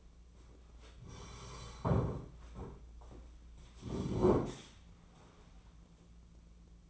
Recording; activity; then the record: daily activity, microphone in the room; sit down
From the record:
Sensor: 1